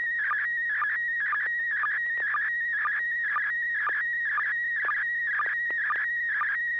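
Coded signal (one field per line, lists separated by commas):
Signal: SSTV (slow-scan television)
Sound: warbling whistly tone shifting pitch, with a short low chirp about twice a second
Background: low mains hum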